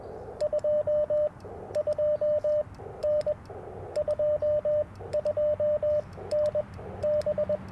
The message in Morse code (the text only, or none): 22N 22N B